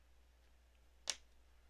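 A plastic part is pressed onto its mating part while the legs and waist of a Banshee Norn RG plastic model kit are being built. A single sharp click at 1.1 s stands out against faint background noise. The part snaps into place.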